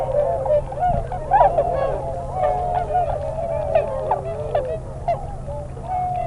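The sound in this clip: Tundra swans in a chattering flock, dense overlapping hoots and wavering honks running continuously, one brief louder thump near the first second, low background hum.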